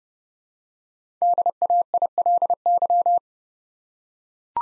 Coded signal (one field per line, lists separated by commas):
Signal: Morse code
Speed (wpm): 30 wpm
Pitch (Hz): 700 Hz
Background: none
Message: DAILY